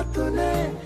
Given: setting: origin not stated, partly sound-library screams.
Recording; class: one-second piece from a danger detection set; normal situation